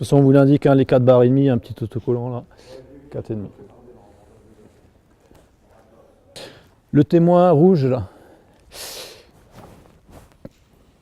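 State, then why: Seated. A trailer coupling head is pushed down onto a tow ball until it clips. Someone talks at the start and again around 7 to 8 seconds, with quieter handling noises in between. A sharp click at 10.5 s marks the coupling seating properly, after which an indicator pops out.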